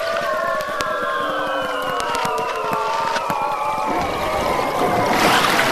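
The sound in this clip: Beluga whale chorus of many overlapping whistles, some long and gently falling, mixed with rapid clicking and crackling, under a steady underwater hiss.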